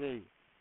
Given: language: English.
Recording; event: throat vibration sensor signal played as sound; speech